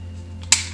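A plastic phone cradle on a Vicseed car phone holder for a CD slot or air vent is pulled off the mount's ball joint, its ball socket giving a sharp snapping pop at 0.5 s after a faint tick just before. A steady low hum runs underneath throughout. The cradle is released from the ball joint, coming off easily.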